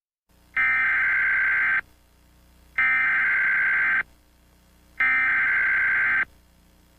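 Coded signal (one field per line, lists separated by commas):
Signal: Emergency Alert System (SAME) tones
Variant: header bursts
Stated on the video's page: Valid EAS tones in a fictional fake nationwide ballistic missile alert.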